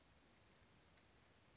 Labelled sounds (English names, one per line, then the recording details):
Western Flycatcher
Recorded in Sonoma County, California